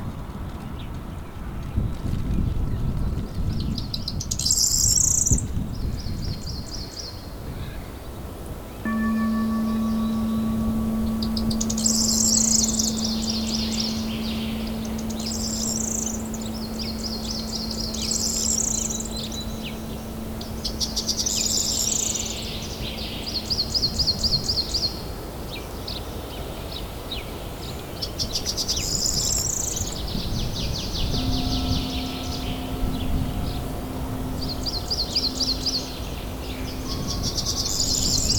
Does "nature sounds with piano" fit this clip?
yes